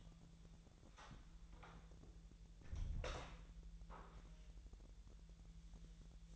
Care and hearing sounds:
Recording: daily activity, microphone in the room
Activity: close door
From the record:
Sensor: 3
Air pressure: 1001.3 hPa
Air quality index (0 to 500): 249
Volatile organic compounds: 168 ppm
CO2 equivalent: 4098 ppm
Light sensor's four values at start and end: 12/29/12/12 and 12/29/12/12

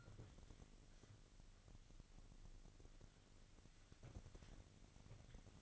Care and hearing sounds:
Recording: daily activity, microphone in the room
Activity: wipe stove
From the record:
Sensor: 4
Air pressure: 1002.4 hPa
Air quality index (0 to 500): 216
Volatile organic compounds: 12 ppm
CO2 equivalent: 2326 ppm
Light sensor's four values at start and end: 18/66/24/24 and 19/66/24/24

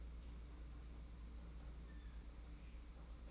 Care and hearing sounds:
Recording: daily activity, microphone in the room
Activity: open fridge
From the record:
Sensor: 1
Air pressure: 991.8 hPa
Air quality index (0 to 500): 205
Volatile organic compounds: 1000 ppm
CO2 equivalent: 7929 ppm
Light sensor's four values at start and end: 28/98/37/38 and 28/98/38/38

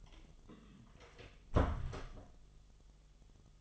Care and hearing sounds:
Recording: daily activity, microphone in the room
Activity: close door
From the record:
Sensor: 4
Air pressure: 1005.9 hPa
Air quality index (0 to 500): 87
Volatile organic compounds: 2 ppm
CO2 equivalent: 1071 ppm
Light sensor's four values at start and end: 13/29/11/11 and 13/30/12/11

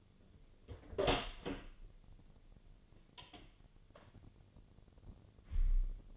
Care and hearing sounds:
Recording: daily activity, microphone in the room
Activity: open door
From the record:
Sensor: 4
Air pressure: 1008.4 hPa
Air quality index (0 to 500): 173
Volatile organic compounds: 5 ppm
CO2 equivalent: 1738 ppm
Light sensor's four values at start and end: 25/79/30/29 and 23/73/28/26

